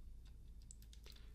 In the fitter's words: and then just push it in until it clicks